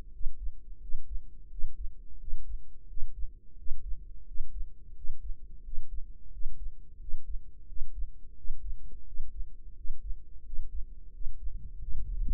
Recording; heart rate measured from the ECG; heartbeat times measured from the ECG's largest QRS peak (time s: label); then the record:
heart sounds by microphone in the right ear; 87 bpm
0.13 s: heartbeat
0.82 s: heartbeat
1.51 s: heartbeat
2.20 s: heartbeat
2.89 s: heartbeat
3.58 s: heartbeat
4.28 s: heartbeat
4.97 s: heartbeat
5.65 s: heartbeat
6.33 s: heartbeat
7.01 s: heartbeat
7.69 s: heartbeat
8.37 s: heartbeat
9.07 s: heartbeat
9.77 s: heartbeat
10.46 s: heartbeat
11.14 s: heartbeat
11.81 s: heartbeat
From the record:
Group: healthy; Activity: breath hold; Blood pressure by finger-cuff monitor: 127/77 mmHg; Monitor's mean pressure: 89 mmHg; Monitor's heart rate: 87 bpm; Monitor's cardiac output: 6.9 L/min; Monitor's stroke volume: 79 mL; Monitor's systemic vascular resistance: 960 dyn s/cm5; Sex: male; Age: 21 years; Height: 175 cm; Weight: 72.6 kg